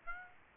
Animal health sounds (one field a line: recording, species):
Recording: mosquito wingbeat signal from an infrared sensor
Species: Aedes aegypti